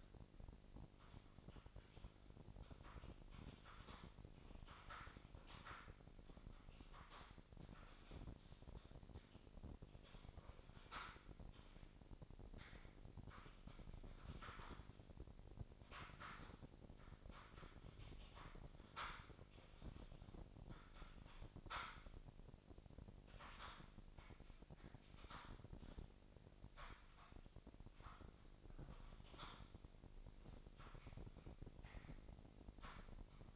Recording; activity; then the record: daily activity, microphone in the room; typing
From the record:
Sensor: 5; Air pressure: 1007.7 hPa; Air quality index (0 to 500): 95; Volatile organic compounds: 1 ppm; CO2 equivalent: 748 ppm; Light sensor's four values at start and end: 39/90/37/38 and 37/87/36/37